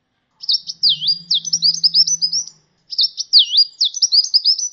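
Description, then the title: Sunbird song in two similar high phrases, each a quick jumble of chirps with a dipping whistled note, with a faint low hum under the first. "kicau kolibri"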